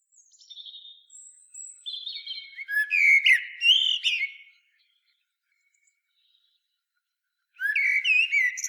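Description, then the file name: Common blackbird delivering a soft high twittered lead-in that swells into loud fluting warbles, then a pause before the next rich phrase begins. "Turdus merula"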